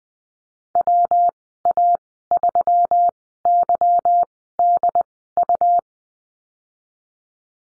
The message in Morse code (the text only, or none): WA3YDU